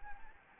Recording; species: mosquito wingbeat signal from an infrared sensor; Anopheles gambiae